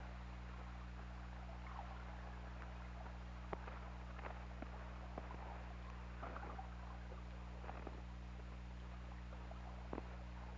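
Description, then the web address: Sperm whale clicking, a loose series of short sharp ticks at uneven intervals, heard against constant hydrophone hiss and a low humming drone. Recorded on the OrcaLab hydrophone, 16 February 2018 at 19:48:31. "2018 Pm OL Orca Lab UTLN JASON 20180216 194831"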